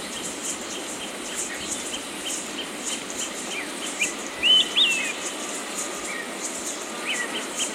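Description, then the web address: Olive-sided flycatcher: a brief, louder whistled phrase in the middle among a few faint whistles, over a steady high-pitched background hiss. Recorded in Ecuador. "S America Birds of Ecuador. Olive-sided Flycatcher"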